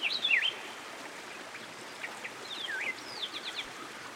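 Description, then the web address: American goldfinch singing sweet, swooping whistled notes and short twitters over a steady rush of flowing water. Recorded by a stream. "Dan Gibson Songbirds By The Stream. American Goldfinch"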